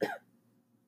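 A single short, harsh cough burst from an adult woman, lasting about a fifth of a second, followed by a faint low hum of a quiet indoor room. The sound is an ordinary isolated cough with a slightly rough quality, a recurring cough.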